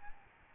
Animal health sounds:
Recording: mosquito wingbeat signal from an infrared sensor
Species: Aedes albopictus

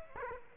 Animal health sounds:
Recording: mosquito wingbeat signal from an infrared sensor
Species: Aedes aegypti

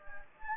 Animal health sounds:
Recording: mosquito wingbeat signal from an infrared sensor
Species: Anopheles gambiae

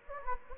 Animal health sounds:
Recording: mosquito wingbeat signal from an infrared sensor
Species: Anopheles gambiae

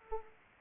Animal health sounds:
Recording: mosquito wingbeat signal from an infrared sensor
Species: Anopheles arabiensis

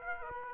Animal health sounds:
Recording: mosquito wingbeat signal from an infrared sensor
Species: Aedes aegypti

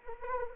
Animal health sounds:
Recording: mosquito wingbeat signal from an infrared sensor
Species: Anopheles arabiensis

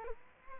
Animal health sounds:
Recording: mosquito wingbeat signal from an infrared sensor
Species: Culex quinquefasciatus

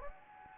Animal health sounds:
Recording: mosquito wingbeat signal from an infrared sensor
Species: Anopheles gambiae

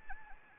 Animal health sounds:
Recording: mosquito wingbeat signal from an infrared sensor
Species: Anopheles arabiensis

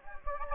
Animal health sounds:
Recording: mosquito wingbeat signal from an infrared sensor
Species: Anopheles gambiae

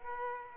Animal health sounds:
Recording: mosquito wingbeat signal from an infrared sensor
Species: Aedes aegypti

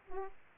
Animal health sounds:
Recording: mosquito wingbeat signal from an infrared sensor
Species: Aedes aegypti

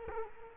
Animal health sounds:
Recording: mosquito wingbeat signal from an infrared sensor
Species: Culex quinquefasciatus

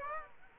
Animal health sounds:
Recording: mosquito wingbeat signal from an infrared sensor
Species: Aedes aegypti

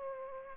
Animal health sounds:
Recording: mosquito wingbeat signal from an infrared sensor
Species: Aedes aegypti

